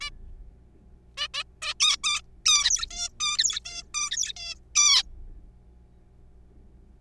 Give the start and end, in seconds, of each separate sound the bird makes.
0.01-0.10, 1.17-1.27, 1.34-1.43, 1.62-1.74, 1.80-1.97, 2.04-2.21, 2.46-2.86, 2.91-3.09, 3.20-3.60, 3.65-3.83, 3.94-4.33, 4.37-4.54, 4.75-5.03